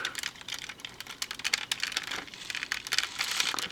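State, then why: Not seated. A plastic section of a Transformers Robots In Disguise Super Class Ultra Magnus transforming robot toy is fiddled with as it is lined up against its mating joint on the figure. Quick, light plastic ticks and rattles continue throughout, with sharper knocks near 1.5 s and 3.0 s that are fumbling, not a lock. Nothing has clicked or seated yet; the part fails to lock in, though the connection still holds firmly.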